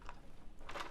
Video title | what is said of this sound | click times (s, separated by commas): How To #3DPrint And Assemble The Phoenix Unlimbited Prosthetic Device | that all the way forward there we go we're locked into place | 0.7 s